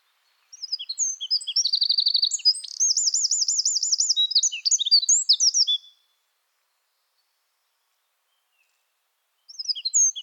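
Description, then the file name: Eurasian wren song, a loud five-second burst of high, rapid trills and twittering notes, then silence before another phrase begins. "Troglodytes troglodytes"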